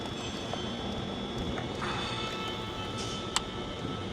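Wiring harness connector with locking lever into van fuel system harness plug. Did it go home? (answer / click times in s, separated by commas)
yes / 3.4 s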